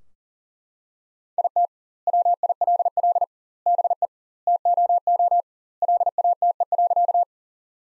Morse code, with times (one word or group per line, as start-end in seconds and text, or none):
1.4-1.7 IT
2.1-3.2 WILL
3.7-4.1 BE
4.5-5.4 TOO
5.8-7.2 LATE.